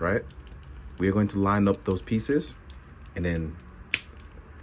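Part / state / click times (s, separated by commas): plastic thigh armor piece onto action figure leg / seated / 3.9 s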